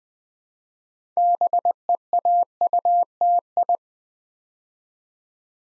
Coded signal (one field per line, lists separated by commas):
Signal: Morse code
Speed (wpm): 20 wpm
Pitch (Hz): 700 Hz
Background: none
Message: BEAUTI